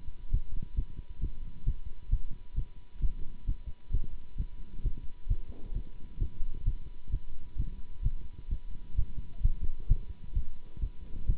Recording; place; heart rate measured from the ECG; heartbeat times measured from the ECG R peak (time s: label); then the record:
heart sounds by stethoscope; between the tricuspid and mitral areas; 131 bpm
0.32 s: heartbeat
0.76 s: heartbeat
1.21 s: heartbeat
1.65 s: heartbeat
2.11 s: heartbeat
2.55 s: heartbeat
3.01 s: heartbeat
3.46 s: heartbeat
3.92 s: heartbeat
4.37 s: heartbeat
4.83 s: heartbeat
5.28 s: heartbeat
5.74 s: heartbeat
6.19 s: heartbeat
6.65 s: heartbeat
7.11 s: heartbeat
7.57 s: heartbeat
8.03 s: heartbeat
8.50 s: heartbeat
8.96 s: heartbeat
9.42 s: heartbeat
9.88 s: heartbeat
10.34 s: heartbeat
10.81 s: heartbeat
11.27 s: heartbeat
From the record:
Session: Bruce protocol treadmill stress test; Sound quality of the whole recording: good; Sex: male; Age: 24 years